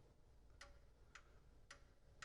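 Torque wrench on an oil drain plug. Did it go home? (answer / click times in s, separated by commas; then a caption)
yes / 0.6 s, 1.2 s, 1.7 s, 2.2 s. A click-type torque wrench set to 20 lb-ft tightens the oil drain plug on a Jeep, with light pressure on the handle until the wrench clicks and its head kicks over. Four sharp, evenly spaced clicks sound at 0.6, 1.2, 1.7 and 2.2 seconds over a low background hum, and some of these ticks may include ratcheting. The click shows the plug has reached 20 lb-ft.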